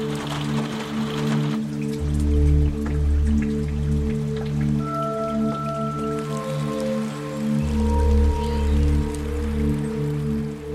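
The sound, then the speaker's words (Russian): Steady rain drums and patters on a house roof, a continuous hiss of drops layered over low, sustained humming tones that swell and fade, with no voices. “крыше дома стучит дождь.”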